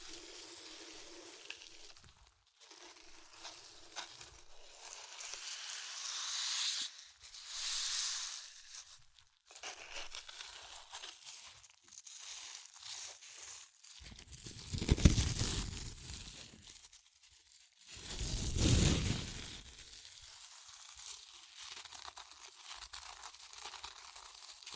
Chips Crunchy Crushing & Eating Sounds